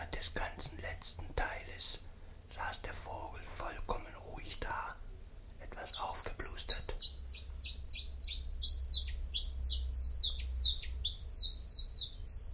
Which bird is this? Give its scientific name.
Phylloscopus collybita